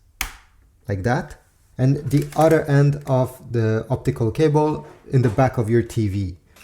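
An optical (TOSLINK) cable plug, with its plastic protector removed, is pushed into the optical input of a Samsung HW-C400 soundbar. It seats with a single sharp click at 0.2 s. Someone then talks for the rest of the clip.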